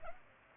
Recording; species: mosquito wingbeat signal from an infrared sensor; Culex pipiens